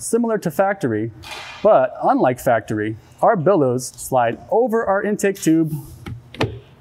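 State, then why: Seated. A rubber bellows on the intake elbow of a Banks Ram-Air cold-air intake system for a 2017-19 Ford 6.7L is slid over the intake tube while someone talks. Sharp, short clicks at 6.4 s and 6.4 s mark the bellows snapping and locking into place on the tube.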